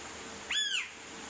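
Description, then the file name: Blue-winged pitta whistle: one clean, slightly arched note lasting under half a second against a quiet hissing background. "p moluccensis"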